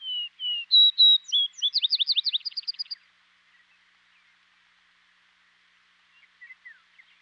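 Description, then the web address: Vesper sparrow song: two slow whistled notes, then higher, louder notes and a fast trill of short notes that fades out after about three seconds; a few faint chips follow. Western North America. "Dan Gibson Wildlife Identification By Sound, Western North America. Vesper Sparrow"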